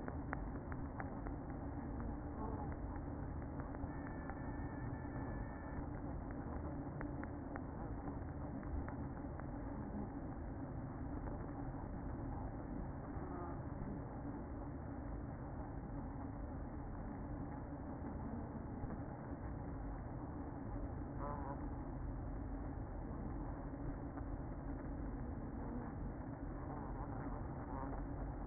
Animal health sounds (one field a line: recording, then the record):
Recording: honeybee colony, microphone inside the hive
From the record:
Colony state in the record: queen present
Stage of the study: after two queens were removed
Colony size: about 60,000 bees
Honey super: yes